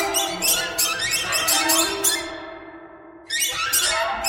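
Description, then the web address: Birds calling in a dense chorus of harsh squawks and squeaky chirps, overlapping throughout, with a short lull near the three-second mark before the calling resumes. "soundfactory birds"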